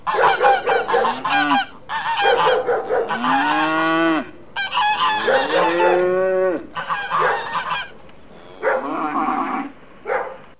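Farm animals calling, loud nasal honks and rising, bending cries in overlapping bursts, with short quiet gaps between groups of calls.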